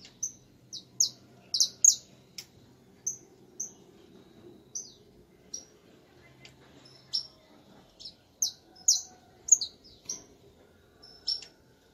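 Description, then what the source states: Domestic canary giving short, bright high chirps in scattered pairs and clusters, with a low steady hum underneath throughout. Portuguese canary breed.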